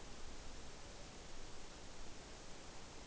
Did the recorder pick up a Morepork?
no